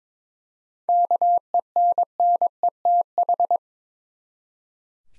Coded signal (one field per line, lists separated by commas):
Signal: Morse code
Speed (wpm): 22 wpm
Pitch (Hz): 700 Hz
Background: none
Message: KENNETH